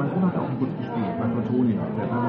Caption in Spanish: Así suena aproximadamente una conversación para las personas con alguna pérdida auditiva relacionada con la edad.